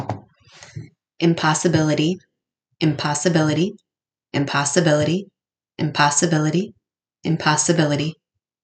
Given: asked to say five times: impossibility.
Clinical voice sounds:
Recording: repeated word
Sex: female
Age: 30 to 39 years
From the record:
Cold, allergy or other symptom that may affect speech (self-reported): no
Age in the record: 37 years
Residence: United States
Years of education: 19

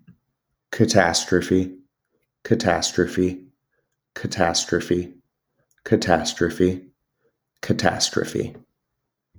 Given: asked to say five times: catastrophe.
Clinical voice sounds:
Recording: repeated word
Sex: male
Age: 20 to 29 years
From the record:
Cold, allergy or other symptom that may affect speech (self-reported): no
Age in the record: 27 years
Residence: Georgia, United States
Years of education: 16

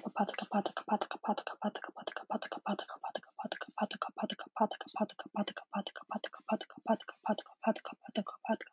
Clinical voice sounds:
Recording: repeated syllables /pa ta ka/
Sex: female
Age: 18 to 19 years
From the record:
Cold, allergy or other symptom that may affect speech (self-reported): no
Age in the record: 19 years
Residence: California, United States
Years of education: 13

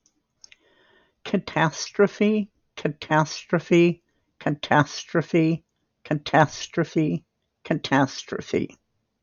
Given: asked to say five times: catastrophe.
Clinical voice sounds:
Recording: repeated word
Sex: female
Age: 60 to 69 years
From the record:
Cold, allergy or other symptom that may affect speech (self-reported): no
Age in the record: 65 years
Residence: Washington, United States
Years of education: 12

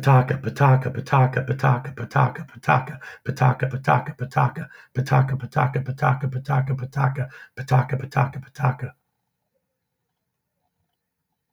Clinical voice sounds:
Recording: repeated syllables /pa ta ka/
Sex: male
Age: 50 to 59 years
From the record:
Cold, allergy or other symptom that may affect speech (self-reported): no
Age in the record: 55 years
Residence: New Jersey, United States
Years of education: 20

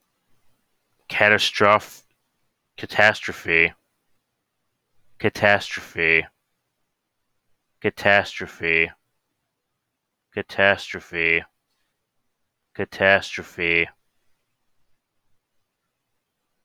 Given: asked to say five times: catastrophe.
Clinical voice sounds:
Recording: repeated word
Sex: male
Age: 20 to 29 years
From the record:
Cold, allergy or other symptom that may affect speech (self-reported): no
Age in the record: 27 years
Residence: Florida, United States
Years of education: 16

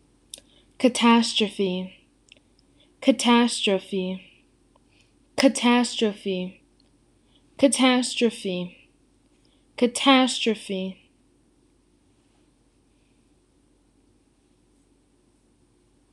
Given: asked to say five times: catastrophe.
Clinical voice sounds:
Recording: repeated word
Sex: female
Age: 20 to 29 years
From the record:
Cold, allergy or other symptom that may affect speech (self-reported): no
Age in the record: 21 years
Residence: Illinois, United States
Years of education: 16

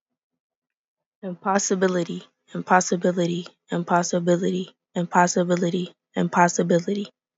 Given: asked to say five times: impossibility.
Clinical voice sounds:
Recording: repeated word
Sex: female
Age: 20 to 29 years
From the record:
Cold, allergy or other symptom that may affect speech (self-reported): no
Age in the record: 23 years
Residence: New York, United States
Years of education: 12

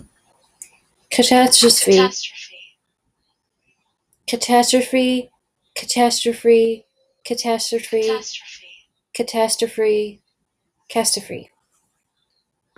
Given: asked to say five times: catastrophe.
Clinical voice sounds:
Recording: repeated word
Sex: female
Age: 40 to 49 years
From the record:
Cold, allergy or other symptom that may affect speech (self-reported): no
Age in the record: 41 years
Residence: Michigan, United States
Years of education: 12

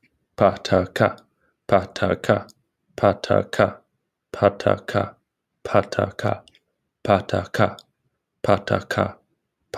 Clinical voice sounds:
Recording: repeated syllables /pa ta ka/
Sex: male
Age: 20 to 29 years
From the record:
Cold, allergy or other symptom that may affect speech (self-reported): no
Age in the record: 26 years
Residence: Wisconsin, United States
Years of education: 16

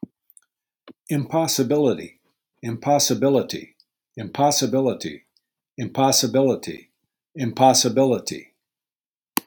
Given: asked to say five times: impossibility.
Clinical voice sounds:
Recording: repeated word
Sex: male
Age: 60 to 69 years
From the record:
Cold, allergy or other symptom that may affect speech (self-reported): no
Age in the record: 64 years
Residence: Florida, United States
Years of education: 13

